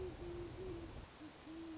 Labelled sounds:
Great Horned Owl

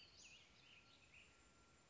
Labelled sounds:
Western Flycatcher

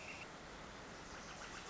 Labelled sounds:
Northern Flicker

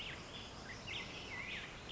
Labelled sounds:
Black-headed Grosbeak

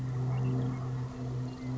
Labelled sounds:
Western Meadowlark

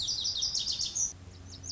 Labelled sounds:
Lazuli Bunting

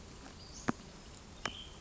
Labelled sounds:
Western Flycatcher

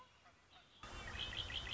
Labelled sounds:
Red-winged Blackbird

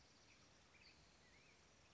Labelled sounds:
Black-headed Grosbeak

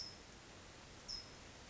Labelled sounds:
California Towhee

